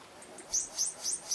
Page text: Синицевая танагра - Tit-like Dacnis (Xenodacnis parina)